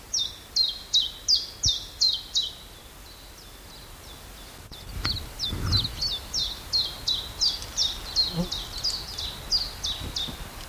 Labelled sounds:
Common Chiffchaff song
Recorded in the wild
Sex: male
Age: adult
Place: Buckow (Märkische Schweiz), Märkische Schweiz, Brandenburg, DE
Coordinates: 52.5536, 14.0725
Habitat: forest
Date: 1988-04-16 13:57
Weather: 22,3 -27,2°C
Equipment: Sony WM-D6C, Sony ECM-939 LT, Kopie 19 cm
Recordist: Tembrock, Günter

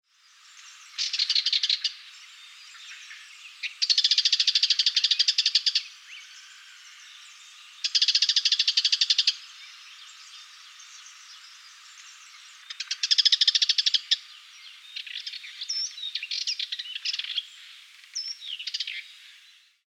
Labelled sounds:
Spectacled Warbler
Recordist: Frommolt, Karl-Heinz
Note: Warnrufe und Gesang

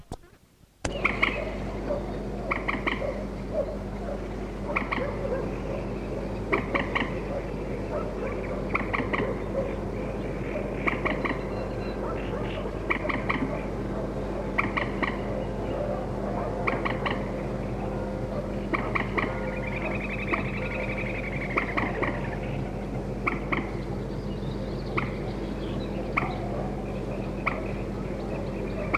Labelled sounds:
Common Moorhen call
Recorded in the wild
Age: adult
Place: Petershain, Niederlausitz, Sachsen, DE
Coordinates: 51.3208, 14.7375
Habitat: Teich
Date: 1963-05-09
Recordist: Meyer, Hugo

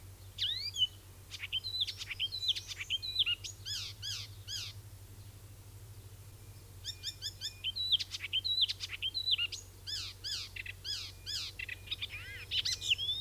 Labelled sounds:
Icterine Warbler song
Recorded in the wild
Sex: male
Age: adult
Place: Schweinfurt, Bayern, DE
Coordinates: 50.0472, 10.2508
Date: 1964-06-05
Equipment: Original, Vollspur
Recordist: Tretzel, Erwin

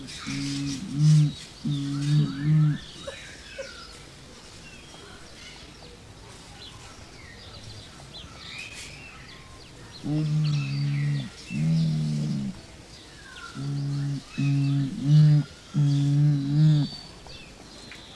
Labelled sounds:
Bare-faced Curassow call
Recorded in captivity
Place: Vogelpark Walsrode, Niedersachsen, DE
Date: 1986-07-09
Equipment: Halbspur, 9,5 cm/s
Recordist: Lütgens, Hans

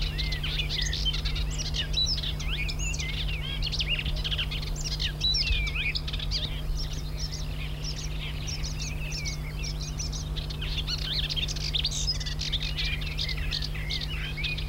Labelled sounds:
Woodchat Shrike song
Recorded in the wild
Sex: male
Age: adult
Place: Crnotice, Cicarija, SI
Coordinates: 45.48, 14.03
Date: 1994-06-02
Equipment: Sony WM-D6C, Sennheiser ME 66, 1st genation MC copy
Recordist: Ernst, Stephan

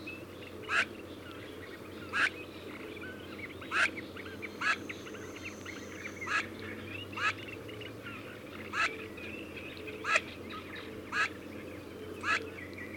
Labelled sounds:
Eurasian Teal call
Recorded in the wild
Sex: female
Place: Blankensee, Mecklenburg-Vorpommern, DE
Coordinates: 53.404, 13.221
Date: 1982-06-05 22:00
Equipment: Nagra III BH, Sennheiser MD 21, parabola
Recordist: Schubert, Michael

